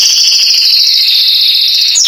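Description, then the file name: Canary song: a continuous bright, high trill held steady, slightly dropping in pitch. "canto do canario giboso espanhol"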